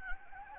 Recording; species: mosquito wingbeat signal from an infrared sensor; Anopheles gambiae